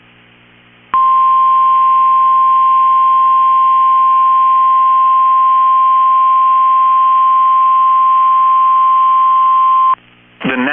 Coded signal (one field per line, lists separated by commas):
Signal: Emergency Alert System (SAME) tones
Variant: 1050 Hz attention tone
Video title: EAS #1,886 Online NOAA Weather Radio Severe T’storm Warning 5/15/25